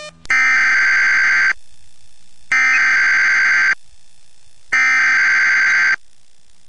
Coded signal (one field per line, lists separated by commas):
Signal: Emergency Alert System (SAME) tones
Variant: header bursts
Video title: East Lansing IntelliStar Tornado Warning & EAS - 6/6/2010